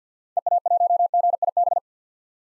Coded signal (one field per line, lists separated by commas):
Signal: Morse code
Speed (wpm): 50 wpm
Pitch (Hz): 700 Hz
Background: none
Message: EA1GIB